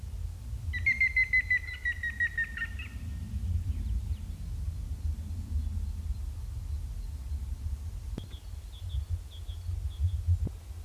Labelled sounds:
Grey-headed Woodpecker

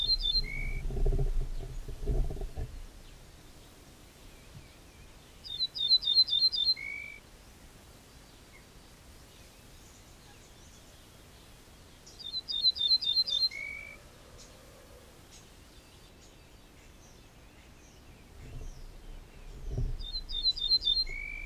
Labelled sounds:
Ortolan Bunting song

